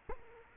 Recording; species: mosquito wingbeat signal from an infrared sensor; Culex quinquefasciatus